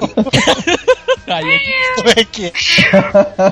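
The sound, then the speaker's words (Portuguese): A person imitates a cat with a long, wavering, high-pitched meow, followed by shorter whiny mews, with bits of speech mixed in around the fairly loud vocal imitation. “eu já fui suspenso porque imitei um gato.”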